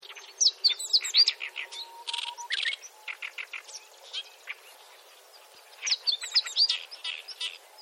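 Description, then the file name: Ochre-rumped bunting song: a short burst of high, jumbled twittering notes, repeated after a pause, with chirps and a steady thin tone underneath. "kojyurin"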